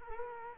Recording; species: mosquito wingbeat signal from an infrared sensor; Culex quinquefasciatus